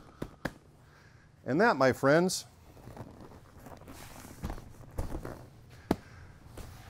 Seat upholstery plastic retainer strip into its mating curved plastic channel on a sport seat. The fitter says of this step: pull we turn look you hear that snap that's what we're looking for same thing over here and that